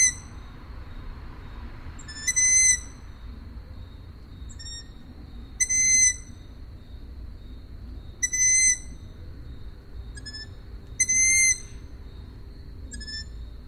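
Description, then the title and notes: Owl calls: loud, high whistled notes about every three seconds, with fainter short whistles between them, over a low constant background hum. Recorded at Židlochovice. "Sovy v Židlochovicích, nahrál Tomáš Šenkyřík"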